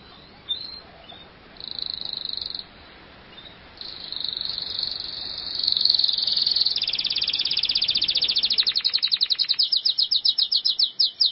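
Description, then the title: Canary song starting with brief trilled phrases, building into a long continuous roll that slows into distinct rapid pulses toward the end. "Kenari"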